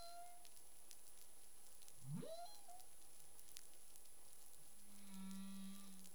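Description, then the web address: Humpback whale calls: a quick rising whoop sweeping upward, then after a pause a steady low moan near the end, with faint crackling underwater noise throughout. Caribbean; recorded 25 February 2021 at 11:23 UTC. "CARIMAM. humpback whale 20210225 112328 UTC"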